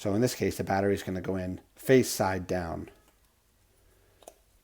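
A battery is handled face side down over the plastic battery bay of a Verizon TCL Linkzone 5G UW MW513U mobile hotspot, its contacts lined up with the device's pins. Someone talks for about three seconds, then it goes quiet apart from faint handling ticks around 4.2 and 4.3 seconds. Nothing has seated or clicked yet.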